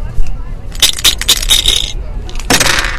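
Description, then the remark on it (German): Dice tumble across a hard tabletop during a round of a dice game played for money, in a quick run of sharp, bright clicks and rattles, followed after a brief pause by a second, louder burst of clattering. “Also, komm, her mit den Würfeln.”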